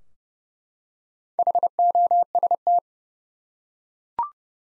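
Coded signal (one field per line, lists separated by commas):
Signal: Morse code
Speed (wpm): 30 wpm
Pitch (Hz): 700 Hz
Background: none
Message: HOST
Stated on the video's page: Four-letter words sent at 30 wpm for head-copy practice, each sent once, spoken, then sent again.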